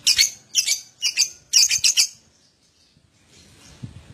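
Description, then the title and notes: Lovebird calls: several rough, high, buzzy bursts in quick succession, then near quiet with faint rustling. Adult lovebird; song described as gacor owor owor. "LOVEBIRD GACOR OWOR OWOR. Lovebird Dewasa"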